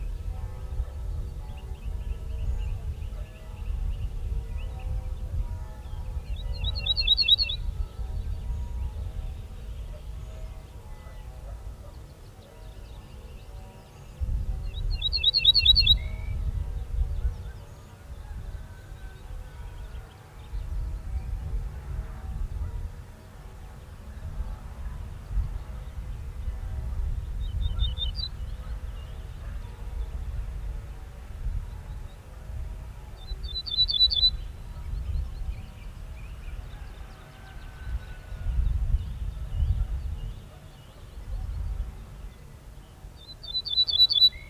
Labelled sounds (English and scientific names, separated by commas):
Ortolan Bunting (Emberiza hortulana) song